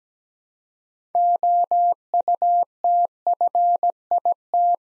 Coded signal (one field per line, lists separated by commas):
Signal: Morse code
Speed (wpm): 17 wpm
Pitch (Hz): 700 Hz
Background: none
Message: OUTFIT